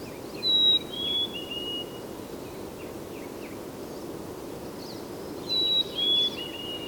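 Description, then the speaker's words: Mountain chickadee song: clear, high whistled notes stepping down in pitch, given twice about five seconds apart over steady background noise. Recorded singing in the forests of British Columbia, Canada. "Here's one recorded singing in the forests of British Columbia, Canada."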